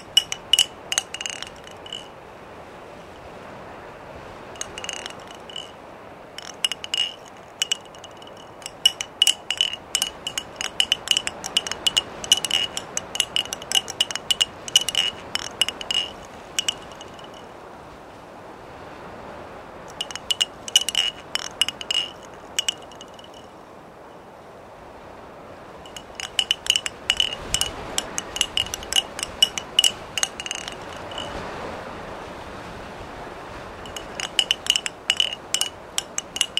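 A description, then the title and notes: Wooden wind chimes clatter in bursts of quick, light knocks, each burst lasting several seconds before the breeze drops and they fall quiet, around 17 to 20 and 23 to 26 seconds. A soft, steady, even hiss of wind runs underneath throughout. Wooden Wind Chimes on a Breezy Day. The calming sounds of wooden wind chimes gently tinkling in the breeze. This episode features only natural soundscapes with no dialogue or voice.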